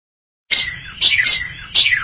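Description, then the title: Oriental magpie-robin giving short, bright chirped notes in a few quick bursts, some with downslurred tails. "Kacer"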